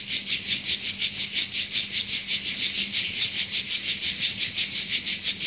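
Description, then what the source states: Cicada: harsh buzzing song, steady rhythmic pulses about three per second throughout. Recorded 5 August 2015.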